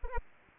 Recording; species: mosquito wingbeat signal from an infrared sensor; Anopheles arabiensis